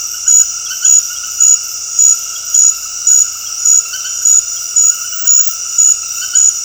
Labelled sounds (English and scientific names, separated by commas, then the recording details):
none
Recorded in dense forest near Puerto Asís, Putumayo, Colombia, on 20 February 2024 at 21:30
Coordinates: 0.485, -76.318
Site G6408